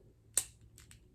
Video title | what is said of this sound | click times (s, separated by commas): Transformers Collection - S P A C E BEE! 🐝! | snap into place | 0.4 s